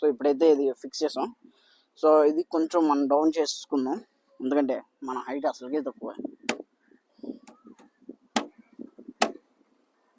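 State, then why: Seated. Someone talks while lowering the height of an accessory fitted on a bike, because he is short, and pushing the height adjustment home. Several knocks follow, with sharp hits at 6.5 s and 8.4 s, leading to a final sharp hit at 9.2 s as the height adjustment latch locks into place.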